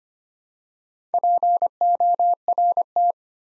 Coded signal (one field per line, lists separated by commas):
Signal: Morse code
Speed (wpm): 25 wpm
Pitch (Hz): 700 Hz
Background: none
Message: PORT